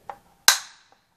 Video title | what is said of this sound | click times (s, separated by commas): Real Life Video mit dem Sturmgewehr AK 47 vom PS4 Zocker YouTubeGamescom 720p | ist es eingerastet das Magazin ist durchgeladen nicht durchgeladen das ist drin | 0.5 s